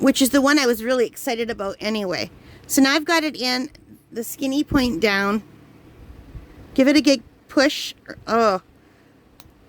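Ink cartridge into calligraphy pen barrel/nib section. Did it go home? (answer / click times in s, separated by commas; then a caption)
yes / 9.4 s. An ink cartridge for the thicker nib of a Staedtler calligraphy fountain pen is pushed skinny end down into the pen while someone talks. A sharp, brief tick at 9.4 s marks the cartridge clicking into place, seated.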